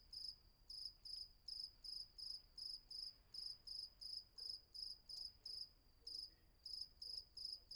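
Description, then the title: Cricket chirping, bright high pulses repeating close to three per second with occasional small gaps, faint hiss behind. Night ambience at Vagia on Patmos, Greece; recorded with a Fostex FR-2 and MKH800 microphone. "Patmos, Vagia, Griechenland - Nachtsimmung 03, Grillen"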